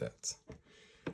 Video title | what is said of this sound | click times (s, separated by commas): Topcon re super review | It's supposed to snap onto place, but mine doesn't. | none